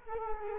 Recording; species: mosquito wingbeat signal from an infrared sensor; Culex quinquefasciatus